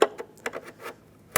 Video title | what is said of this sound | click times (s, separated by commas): How to Replace Taillight 2012-2020 Ford Focus | Make sure it clicks. | 1.4 s